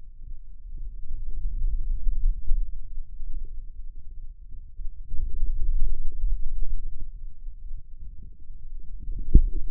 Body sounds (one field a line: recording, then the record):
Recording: forearm muscle sounds (acoustic myography)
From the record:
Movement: finger pinch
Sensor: system 2, bracelet of six BSWA MPA416 microphones around the upper forearm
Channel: 6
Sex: male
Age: 22 years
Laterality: right